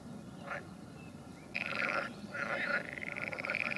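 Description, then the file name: Frog calls: a brief pulsed note, then longer rapid trills continuing to the end. "Ni Gi D - Nature Recordings - Frogs"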